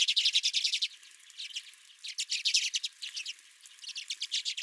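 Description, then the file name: Redpolls giving rapid chattering trills, a burst at the start, a quieter pause, then more runs of dry notes. Several redpolls at the recordist's own feeder. "Redpolls at My Feeder"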